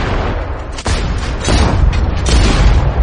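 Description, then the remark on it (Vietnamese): A loud, dense burst of rapid gunfire from two guns, with booming low-end impacts, one sharp crack early on, then a sustained roar of overlapping shots that grows heavier toward the end. “Đó chính là thanh niên yêu dị vốn thuộc bên đánh lén lại trực tiếp bị làn đạn tới tấp không kịp đề phòng bắn nát bươm, biến thành máu thịt văng đầy mặt đất xung quanh.”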